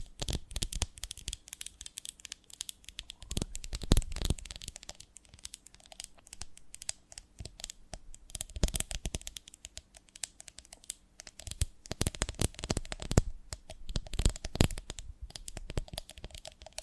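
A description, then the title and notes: Sticky crackling and crinkling from a honeycomb on a branch, made of dense, irregular clicks and snaps that run through the whole clip. Sharper, louder crackles stand out near 4, 9, 13 and 14–15 seconds. A faint low hum sits underneath throughout. ASMR of a Honeycomb on Branch (No Talking).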